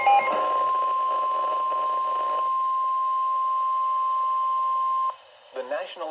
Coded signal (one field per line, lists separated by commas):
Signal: Emergency Alert System (SAME) tones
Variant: 1050 Hz attention tone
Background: speech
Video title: NOAA Weather Radio - Doubleheader Tornado Warning [EAS #295-296] (4/1/23)